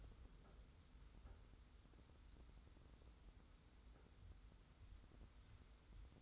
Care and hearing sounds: daily activity, microphone in the room; wipe stove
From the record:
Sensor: 3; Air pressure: 990.4 hPa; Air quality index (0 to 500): 182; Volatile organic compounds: 1000 ppm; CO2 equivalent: 5906 ppm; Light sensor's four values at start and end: 46/109/44/42 and 46/109/44/42

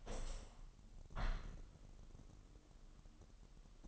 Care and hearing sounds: daily activity, microphone in the room; open window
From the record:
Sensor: 4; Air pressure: 1000.8 hPa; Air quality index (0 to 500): 243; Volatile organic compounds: 41 ppm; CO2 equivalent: 3158 ppm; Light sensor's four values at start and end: 9/20/8/7 and 9/21/8/8

